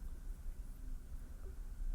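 An ear tip is held and lined up with the nozzle of a Beats Studio Pro earbud before fitting, with only low, steady background rumble and faint handling noise. Nothing has seated or clicked yet.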